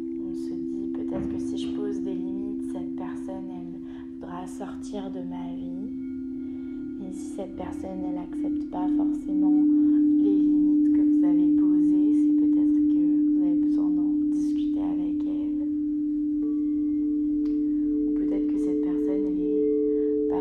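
Crystal singing bowls hold a steady, low sustained tone for the whole 20 seconds, swelling and pulsing gently in loudness around the middle. A second, higher bowl tone joins after about sixteen seconds. Over the drone, a voice speaks calmly in short phrases with pauses.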